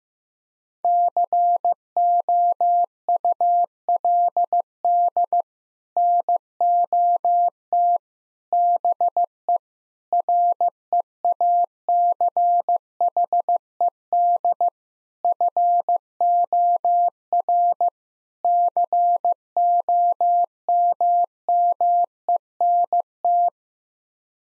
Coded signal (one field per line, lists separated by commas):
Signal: Morse code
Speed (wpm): 15 wpm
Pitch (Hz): 700 Hz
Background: none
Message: COULD NOT BE REACHED FOR COMMENT